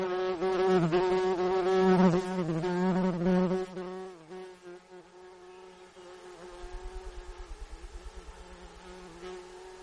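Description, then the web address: Insect wing buzz, loud droning hum with rich harmonics for about four seconds, then fading to a softer hum while a low rapid pulsing sound appears. Recorded in Gates of the Arctic, Alaska, on 12 June 2018 around 21:03. "alaska INSECTS 20180612 210329"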